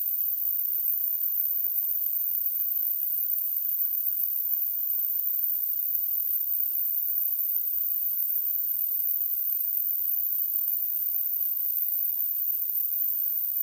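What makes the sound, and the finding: Device (simulated tinnitus). Tinnitus simulation (hissing type).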